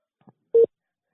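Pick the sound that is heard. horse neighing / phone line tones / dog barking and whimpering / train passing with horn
phone line tones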